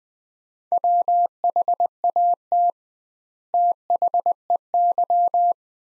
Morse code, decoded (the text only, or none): WHAT THEY